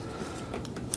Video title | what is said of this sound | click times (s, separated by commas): Novsight LED headlights for Crown Vic | be able to just spin that a quarter turn and lock into place. | 0.9 s